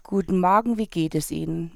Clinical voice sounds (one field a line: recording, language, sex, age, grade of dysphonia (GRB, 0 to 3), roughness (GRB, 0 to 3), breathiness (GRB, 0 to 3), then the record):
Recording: spoken sentence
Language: German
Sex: female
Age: 50 to 59 years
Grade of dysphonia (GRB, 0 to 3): 1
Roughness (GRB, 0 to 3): 1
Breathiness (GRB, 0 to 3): 1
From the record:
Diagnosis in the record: dysphonia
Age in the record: 59 years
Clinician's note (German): Leichte funktionelle